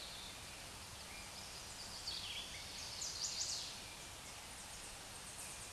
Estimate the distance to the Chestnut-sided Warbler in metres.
about 30 m